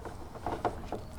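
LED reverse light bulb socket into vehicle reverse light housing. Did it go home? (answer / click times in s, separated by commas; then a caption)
yes / 0.6 s. A longer-than-stock LED reverse bulb in its plastic socket is worked into the reverse light housing of a 4Runner, with the wire pulled carefully to avoid damaging the diodes. Several short plastic knocks and scrapes sound against a low background, the strongest being a click at 0.6 seconds as the socket seats into the housing. No one talks.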